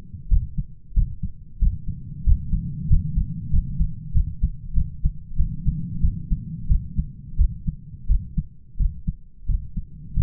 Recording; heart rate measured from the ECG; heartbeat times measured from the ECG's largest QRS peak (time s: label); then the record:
heart sounds by stethoscope; 91 bpm
0.31 s: heartbeat
0.96 s: heartbeat
1.61 s: heartbeat
2.26 s: heartbeat
2.90 s: heartbeat
3.52 s: heartbeat
4.14 s: heartbeat
4.75 s: heartbeat
5.37 s: heartbeat
6.02 s: heartbeat
6.69 s: heartbeat
7.38 s: heartbeat
8.08 s: heartbeat
8.79 s: heartbeat
9.48 s: heartbeat
10.15 s: heartbeat
From the record:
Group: healthy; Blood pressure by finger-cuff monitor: 121/62 mmHg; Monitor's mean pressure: 78 mmHg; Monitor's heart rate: 92 bpm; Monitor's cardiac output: 10 L/min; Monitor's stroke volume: 107 mL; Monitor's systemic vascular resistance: 590 dyn s/cm5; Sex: male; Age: 33 years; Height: 179 cm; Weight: 80.4 kg